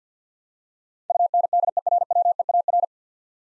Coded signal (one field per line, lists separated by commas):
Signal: Morse code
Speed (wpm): 50 wpm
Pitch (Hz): 700 Hz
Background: none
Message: UNDERWEAR